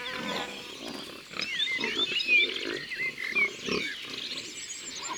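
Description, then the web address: Wild boar grunts in short, rough bursts, some spaced irregularly, while small birds chirp and twitter steadily above. "Sanglier. abc de la nature"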